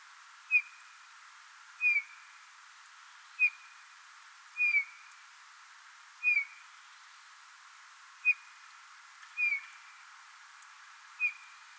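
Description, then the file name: Eurasian bullfinch giving soft, low piping whistles, single short notes with a slight downward bend, about eight in twelve seconds at uneven intervals, over faint steady background hiss. "Pyrrhula pyrrhula"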